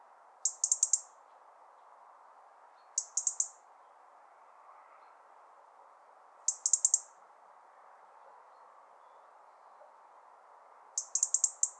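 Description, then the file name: European robin giving thin, high ticks in rapid clusters of several, the clusters spaced a few seconds apart, with a constant background hum underneath. "Erithacus rubecula"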